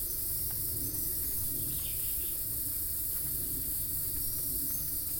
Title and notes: Itanhangá, Rio de Janeiro - State of Rio de Janeiro, Brazil - cicadas. zoom h4n recording cicadas at the summer